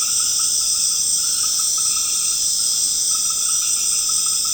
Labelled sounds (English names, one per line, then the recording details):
none
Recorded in secondary vegetation near Puerto Asís, Putumayo, Colombia, on 12 March 2025 at 19:00
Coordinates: 0.485, -76.322
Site G040